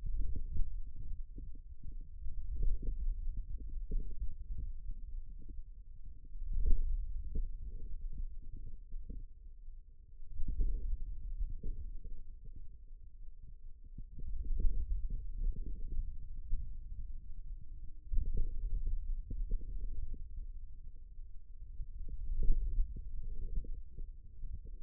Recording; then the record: forearm muscle sounds (acoustic myography)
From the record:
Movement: hand opening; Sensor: system 2, bracelet of six BSWA MPA416 microphones around the upper forearm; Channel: 4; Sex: male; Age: 22 years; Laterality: right